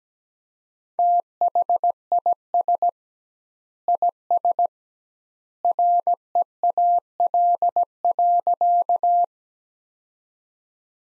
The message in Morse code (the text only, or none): THIS IS REAL.